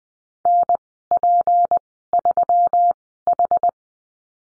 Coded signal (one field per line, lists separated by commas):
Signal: Morse code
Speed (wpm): 20 wpm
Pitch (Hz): 700 Hz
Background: none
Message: NP3H